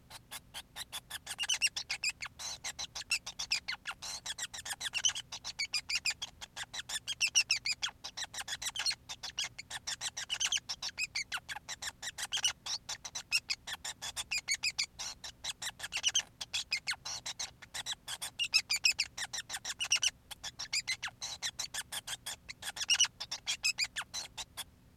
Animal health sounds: song of a male Bengalese finch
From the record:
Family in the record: son of father 5

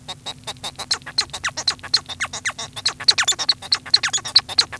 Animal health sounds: song of a male Bengalese finch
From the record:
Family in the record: son of father 1

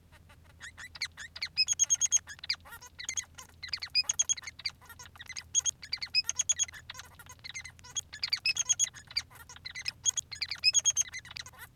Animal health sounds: song of a male Bengalese finch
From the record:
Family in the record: son of father 3

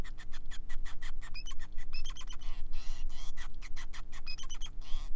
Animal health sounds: song of a male Bengalese finch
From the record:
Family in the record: son of father 5

